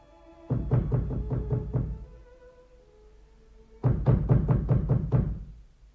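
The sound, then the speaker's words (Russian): Two bursts of rapid knocking on the wooden door of a house at its porch, each a quick series of around seven or eight solid, low thuds, separated by a short pause of quiet. “Ну, иди, иди, иди, стучись в дверь и пожинай плоды своего предательства.”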